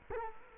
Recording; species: mosquito wingbeat signal from an infrared sensor; Culex quinquefasciatus